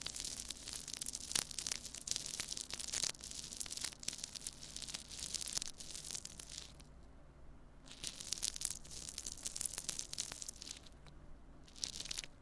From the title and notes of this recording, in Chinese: 迷你麥克風刺痛觸發 | Brain Melting Triggers | NO Talking。